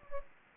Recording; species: mosquito wingbeat signal from an infrared sensor; Anopheles gambiae